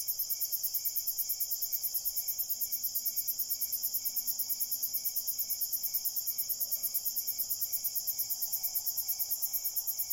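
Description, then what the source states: Cricket chirps pulse rapidly and evenly at high pitch, blended with a steady ringing insect drone and a faint low hum. Crickets at night in a cornfield.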